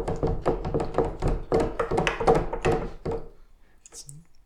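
A quick, steady run of footsteps thumps down a flight of stairs, about a dozen hollow treads in a row, then the steps stop and it falls quiet, with a faint squeak at the end.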